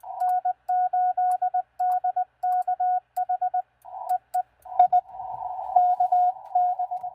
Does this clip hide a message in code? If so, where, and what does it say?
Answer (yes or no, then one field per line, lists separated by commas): yes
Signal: Morse code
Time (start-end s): 0.2-6.8 s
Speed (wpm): 19 wpm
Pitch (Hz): 730 Hz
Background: radio noise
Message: N8DKH EE I KN